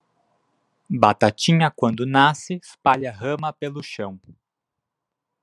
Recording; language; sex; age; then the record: short text; Brazilian Portuguese; male; 20 to 29 years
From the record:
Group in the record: control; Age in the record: 22 years